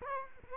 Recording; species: mosquito wingbeat signal from an infrared sensor; Culex quinquefasciatus